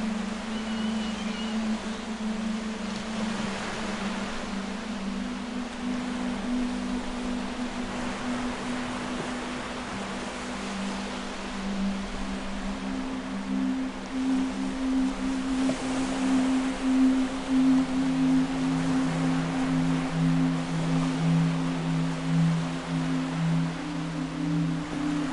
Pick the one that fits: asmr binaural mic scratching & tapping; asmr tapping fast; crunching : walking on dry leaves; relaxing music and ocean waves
relaxing music and ocean waves